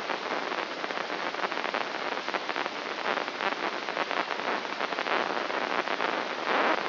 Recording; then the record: brain microelectrode recording played as sound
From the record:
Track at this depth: outside the subthalamic nucleus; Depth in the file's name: 8.428 mm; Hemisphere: left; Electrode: 3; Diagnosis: Parkinson's disease